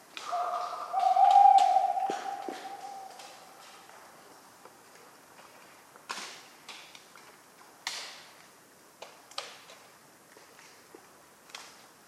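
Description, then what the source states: Tawny owl hoot early on, then a quiet night scene of scattered sharp knocks and taps like falling acorns. A talkative owl on a cold autumn night, 11 November 1995, at the Ménigoute ornithological film festival, France, with acorns falling regularly.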